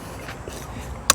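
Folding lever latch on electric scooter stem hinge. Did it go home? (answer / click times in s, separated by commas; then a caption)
yes / 1.1 s. The folding latch lever on the stem hinge of a Megawheels A6L ECO electric scooter is closed after the scooter is unfolded. It gives a single sharp, loud click at 1.1 s as the lever clicks into place. The latch is seated.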